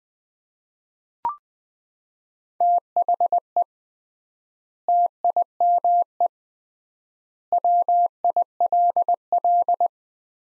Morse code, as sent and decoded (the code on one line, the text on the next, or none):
- .... . / - .. -- . / .-- .. .-.. .-..
THE TIME WILL